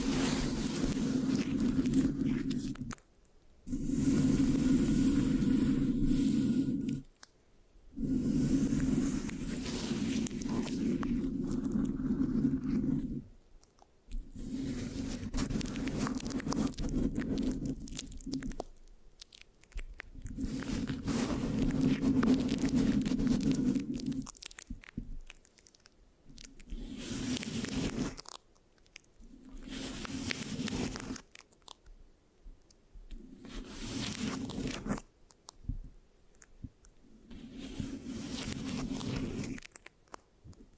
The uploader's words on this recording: ASMR Giving You a Brain Peel Mic Scratching, Sticky, Brain Massage Triggers (No Talking).